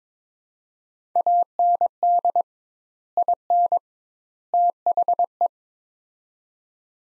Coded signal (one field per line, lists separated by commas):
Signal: Morse code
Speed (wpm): 22 wpm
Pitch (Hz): 700 Hz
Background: none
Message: AND IN THE